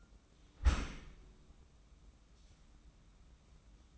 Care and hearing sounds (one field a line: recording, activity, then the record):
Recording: daily activity, microphone in the room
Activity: close dishwasher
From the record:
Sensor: 1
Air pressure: 994.5 hPa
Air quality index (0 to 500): 216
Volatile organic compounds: 1000 ppm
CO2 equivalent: 7745 ppm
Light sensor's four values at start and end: 114/259/115/125 and 115/263/117/127